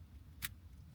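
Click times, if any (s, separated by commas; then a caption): 0.5 s. A multi-pin wiring harness connector is pushed into the back of an XTRON TIQ722P car stereo head unit, and its plastic locking clip is pulled down towards the installer. A single short, sharp click at 0.4 s stands out over a low steady hum. The clip clicks home and the connector is seated in place.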